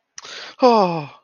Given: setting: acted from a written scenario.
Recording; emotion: vocal sound without words; romantic love